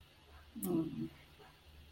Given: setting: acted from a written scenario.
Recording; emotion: vocal sound without words; guilt